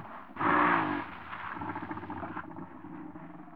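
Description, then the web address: Warthog snarl: a sudden loud, harsh squealing snarl near the start, trailing into lower rapid grunting growls that fade toward the end. Warthogs in Africa, recorded close up, growling and snarling. "BBC Sound Effects Library. Africa. Wart Hogs"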